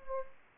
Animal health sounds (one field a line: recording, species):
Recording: mosquito wingbeat signal from an infrared sensor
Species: Anopheles gambiae